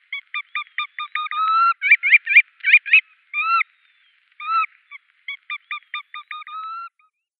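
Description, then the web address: Red knot display song: a run of short, rising whistled notes, then a burst of rough, buzzy notes, easing into spaced whistles and another quick series of rising notes. Male bird giving display song. "Schulze Peter Knot male display"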